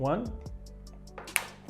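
Prying with a butter knife around the earpad of an Arctis Nova Pro Wireless headset frees a second plastic earpad hook from the earcup bracket with a sharp click at 1.4 s. Someone talks at the start, and a few faint ticks come before the click. The earpad hook is released.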